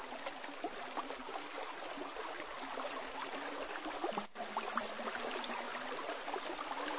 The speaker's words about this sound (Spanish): Después de un largo recorrido en silencio, escuché el rumor de un arroyo.